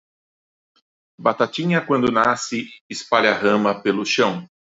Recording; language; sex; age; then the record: short text; Brazilian Portuguese; male; 50 to 59 years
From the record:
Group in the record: control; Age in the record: 57 years